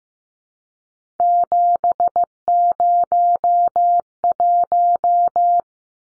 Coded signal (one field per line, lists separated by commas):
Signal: Morse code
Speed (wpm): 15 wpm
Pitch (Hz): 700 Hz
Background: none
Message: 701